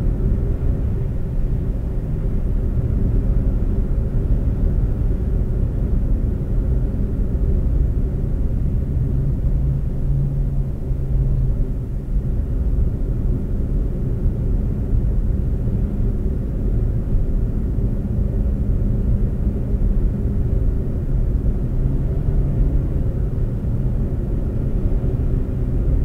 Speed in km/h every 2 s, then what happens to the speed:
87, 82, 79, 76, 76, 71, 71, 72, 72, 76, 79, 81, 85.
0-10 slows to 71. 10-16 steady at about 71. 16-26 speeds up to 85.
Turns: none.